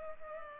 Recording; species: mosquito wingbeat signal from an infrared sensor; Culex pipiens